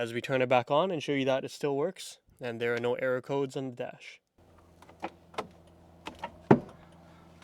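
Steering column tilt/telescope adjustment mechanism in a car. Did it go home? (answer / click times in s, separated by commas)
released / 6.5 s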